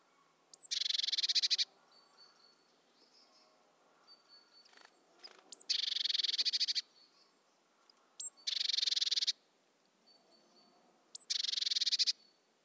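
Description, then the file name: Eurasian blue tit calls: four dense, high buzzy bursts about a second long each, separated by pauses, with faint thin tones between them. "Cyanistes caeruleus"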